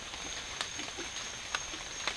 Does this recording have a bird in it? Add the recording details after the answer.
no. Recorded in dense forest near Puerto Asís, Putumayo, Colombia, on 12 March 2025 at 08:00. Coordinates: 0.500, -76.322. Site GP06